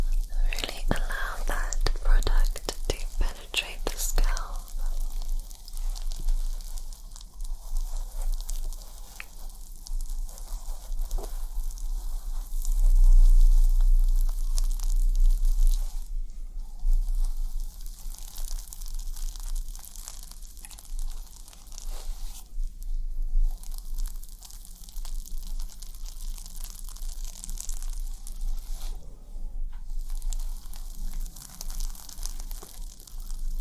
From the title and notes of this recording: ASMR Super RELAXING Head Massage + Scalp Scratching Roleplay (tingly af).